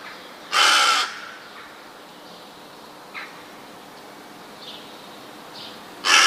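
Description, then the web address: Rook cawing: two loud, harsh, rasping caws several seconds apart, the second cut off, with a few faint shorter calls in between. "wroblowe ptaki gawron"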